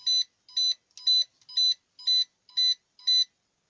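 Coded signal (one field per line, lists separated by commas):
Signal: beep code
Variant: CG035 drone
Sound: seven short harsh electronic beeps, about two per second, repeating steadily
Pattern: 7 short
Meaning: Error: the drone cannot start, suspected GPS signal or loose port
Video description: Souund Beeb symptoms all the time and can not be start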